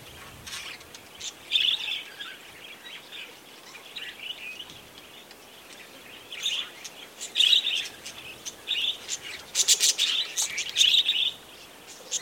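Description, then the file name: Budgerigars chattering as a flock, a busy run of warbled chirrups and buzzy notes in bursts, some loud sharp chirps overlapping near the end. Budgerigars near Gosses Bluff, Northern Territory. "BIRD-budgies-nr-gosses-bluff nt"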